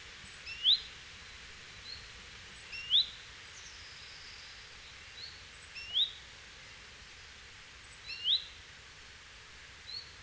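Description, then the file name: Great tit calls: short, thin, high notes given every two to three seconds, with fainter chirps in between and a steady background hiss. "Parus major"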